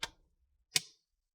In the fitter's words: You wanna hit those clicks on the top row,